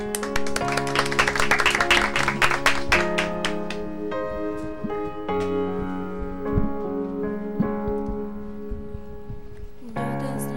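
A burst of audience applause for a singer about to perform, dense clapping that thins out after a few seconds while sustained musical tones play underneath and carry on alone.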